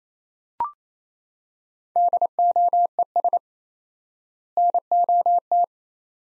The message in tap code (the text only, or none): none